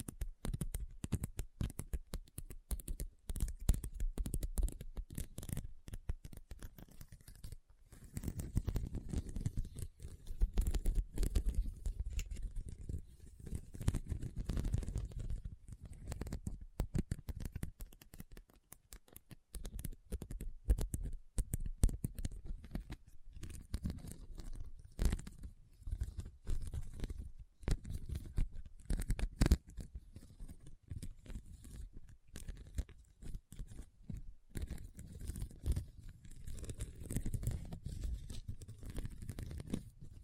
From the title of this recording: RHINESTONE Tapping & Scratching Sounds